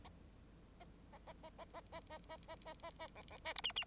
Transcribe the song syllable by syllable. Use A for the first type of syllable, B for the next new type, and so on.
A A A A A A A A A A A A A B B C D E E